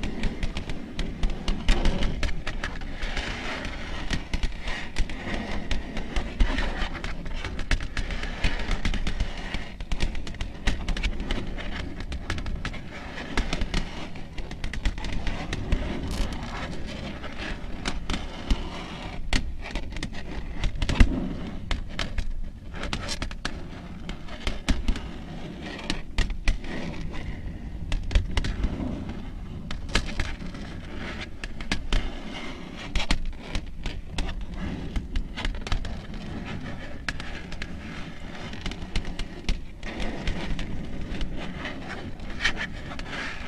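Long nails tap and scratch in a steady, continuous run of dense crackly clicks with no breaks. The texture stays even throughout, with frequent sharp taps over a low rustling scrape and slightly louder bursts scattered across the 43 seconds.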